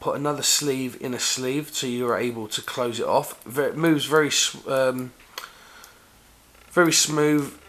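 Someone talks while handling the rotating top-fill sleeve on the top cap of an Aspire Triton 2 vape sub tank, a sleeve within a sleeve that is turned to open or close the juice entry. Faint handling ticks come around 5.4 and 5.8 s during a pause, then the talking resumes. Nothing has seated or clicked into position yet.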